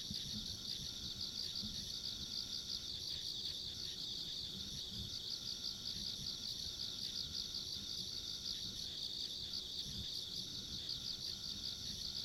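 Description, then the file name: Insect chorus of continuous high, shimmering trills throughout, over a faint low rumbling background. Ambient sound of insects along a rural country road. "田舎道の虫の環境音"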